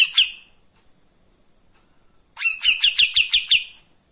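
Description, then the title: Streak-eared bulbul song: a short two-note phrase, a pause, then a quick run of about eight sharp notes. Long song phrases of the styles called tembakan and besetan panjang, from a bird in full song (gacor); recording meant as tutor audio for training white-rumped shama. "KAPAS TEMBAK GACOR TEMBAKAN DAN BESETAN PANJANG MASTERAN MURAI BATU PASTOL"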